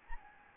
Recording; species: mosquito wingbeat signal from an infrared sensor; Anopheles gambiae